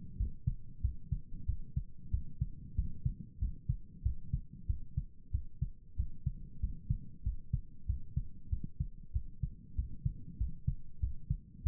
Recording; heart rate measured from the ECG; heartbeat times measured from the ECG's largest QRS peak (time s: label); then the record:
heart sounds by stethoscope; 94 bpm
0.16 s: heartbeat
0.81 s: heartbeat
1.45 s: heartbeat
2.10 s: heartbeat
2.75 s: heartbeat
3.38 s: heartbeat
4.02 s: heartbeat
4.66 s: heartbeat
5.31 s: heartbeat
5.95 s: heartbeat
6.60 s: heartbeat
7.23 s: heartbeat
7.86 s: heartbeat
8.49 s: heartbeat
9.12 s: heartbeat
9.75 s: heartbeat
10.37 s: heartbeat
10.99 s: heartbeat
11.62 s: heartbeat
From the record:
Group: healthy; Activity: rest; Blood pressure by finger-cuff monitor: 90/64 mmHg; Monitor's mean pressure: 73 mmHg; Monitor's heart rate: 93 bpm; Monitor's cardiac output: 7.5 L/min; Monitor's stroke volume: 81 mL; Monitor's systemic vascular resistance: 700 dyn s/cm5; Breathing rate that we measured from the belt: 17 breaths a minute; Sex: male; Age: 19 years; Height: 178 cm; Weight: 83 kg